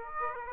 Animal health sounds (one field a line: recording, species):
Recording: mosquito wingbeat signal from an infrared sensor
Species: Aedes aegypti